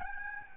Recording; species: mosquito wingbeat signal from an infrared sensor; Aedes albopictus